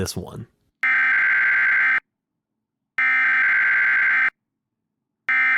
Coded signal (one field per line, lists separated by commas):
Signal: Emergency Alert System (SAME) tones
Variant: header bursts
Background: speech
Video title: European Reacts to Emergency Alert Systems (EAS) are Scary